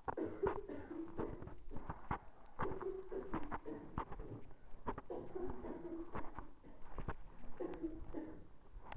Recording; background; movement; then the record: deep breathing; a bystander coughing; walking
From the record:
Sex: female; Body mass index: 18.8 kg/m2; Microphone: on the chest, facing the body